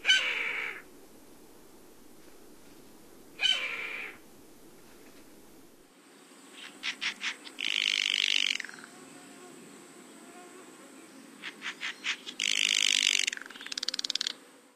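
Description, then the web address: Steller's jay calls: two harsh falling rasps, then dry rattling clicks and longer buzzy grating bursts. North America. "Songs of Birds of North America Stokes. Stellers Jay"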